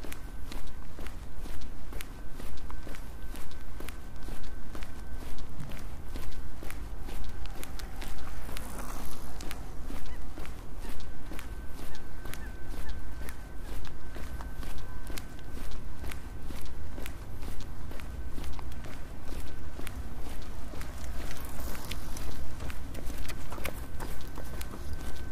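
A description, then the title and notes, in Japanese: Footsteps walking at a steady, regular pace, each step a short crunching tap repeating about twice a second throughout. A low rumble sits underneath, and a faint thin tone hums steadily in the background. Brief brighter rustles appear near nine and twenty-two seconds. 歩いている音。Walking.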